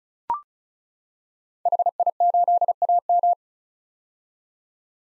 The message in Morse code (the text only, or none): HI8AM